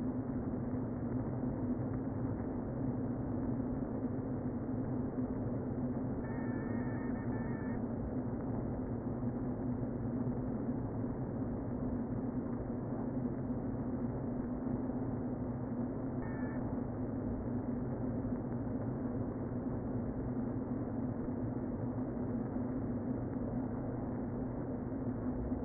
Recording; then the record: honeybee colony, microphone inside the hive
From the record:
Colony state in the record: queen present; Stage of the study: before two queens were removed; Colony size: about 60,000 bees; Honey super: yes